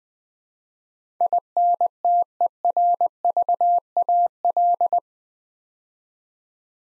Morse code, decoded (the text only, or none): INTERVAL